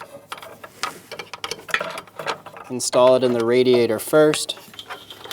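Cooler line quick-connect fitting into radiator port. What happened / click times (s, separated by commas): The fitting is being handled and has not clicked home yet / none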